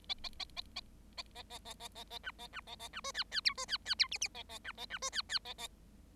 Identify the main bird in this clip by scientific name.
Lonchura striata domestica